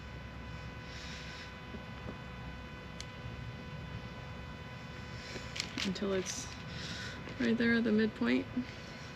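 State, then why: Not seated. A barbed plastic coupler is handled at a freshly punched hole in drip irrigation tubing, ready to be pushed in, with brief handling ticks near 3.0 s and 5.6 s over a steady low hum. Someone talks near the end. Nothing has seated or snapped into the hole yet.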